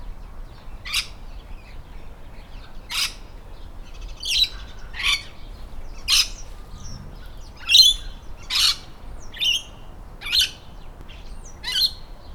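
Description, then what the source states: Lorikeet calls: short harsh screeches, irregular, roughly every second or two, over faint steady background hiss. Lorikeet calling in birches.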